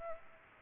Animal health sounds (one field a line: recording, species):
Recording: mosquito wingbeat signal from an infrared sensor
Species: Aedes aegypti